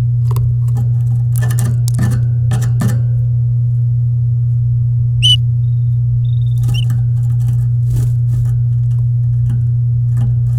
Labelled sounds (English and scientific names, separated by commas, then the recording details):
Domestic Canary (Serinus canaria) song
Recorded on 11 May 2018 at 10:27
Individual llb16